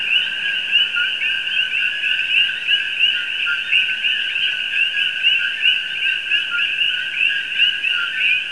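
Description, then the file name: Common coqui frogs calling in a dense, continuous chorus of overlapping chirps that forms a steady ringing wall of sound. "Coqui"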